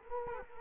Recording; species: mosquito wingbeat signal from an infrared sensor; Culex quinquefasciatus